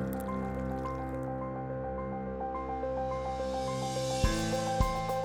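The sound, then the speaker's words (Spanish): Coffee being made and poured: a steady machine hum runs underneath while a hissing stream rises gradually in pitch as the cup fills, ending with two sharp clicks. “Quizás un café.”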